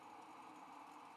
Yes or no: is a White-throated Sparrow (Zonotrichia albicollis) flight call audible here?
no